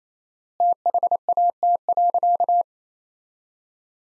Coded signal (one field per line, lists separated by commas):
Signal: Morse code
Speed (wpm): 28 wpm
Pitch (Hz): 700 Hz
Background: none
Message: THAT.